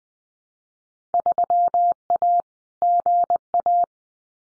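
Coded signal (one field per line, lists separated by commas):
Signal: Morse code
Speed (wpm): 20 wpm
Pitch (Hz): 700 Hz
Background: none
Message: 3A GA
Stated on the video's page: Field Day contest exchange drill at 20 wpm, each exchange sent in Morse code, spoken, then sent again for head-copy practice.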